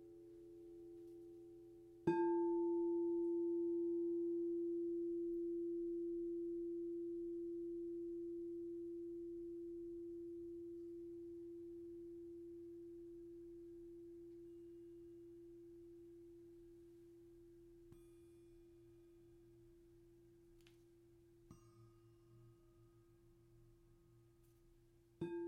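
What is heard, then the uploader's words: A single struck tone from a sound bath rings out about two seconds in, a pure, steady mid-pitched hum that fades very slowly over twenty seconds. Faint low rumble sits underneath, a light tap near 18 seconds, and another strike lands right at the end. Sound Bath Soothe Session.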